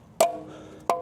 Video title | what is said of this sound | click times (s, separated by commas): How to EASILY Remove the Aero Covers on the New 2024 Tesla Model 3 Performance | right there we go we got two pops once you hear those two pops here we go let's just | 0.2 s, 0.9 s